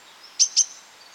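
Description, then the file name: Great tit calls: two short, very high, sharp notes in quick succession, about a fifth of a second apart, against quiet background. "Parus major"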